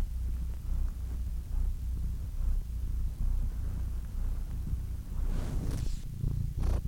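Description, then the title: Domestic cat purring softly in a low rumble, with brief rustling and scraping noises toward the end. Compilation of domestic cats, from kittens to old cats. "The Ultimate Compilation of Adorable Cat Meows 🐱😺 #CatMeows #CuteKittens"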